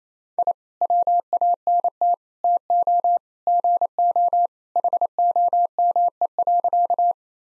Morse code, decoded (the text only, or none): I WANT TO GO HOME.